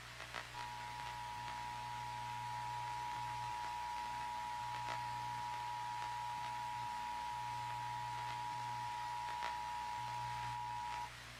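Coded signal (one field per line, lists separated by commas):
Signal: Emergency Alert System (SAME) tones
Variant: 853 and 960 Hz attention tone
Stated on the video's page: Fictional Jurassic World-themed EAS scenario with valid EAS tones.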